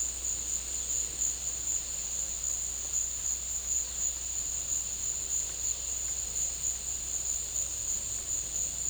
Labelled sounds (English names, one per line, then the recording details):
none
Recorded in dense forest near Puerto Asís, Putumayo, Colombia, on 21 December 2024 at 14:30
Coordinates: 0.486, -76.317
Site G003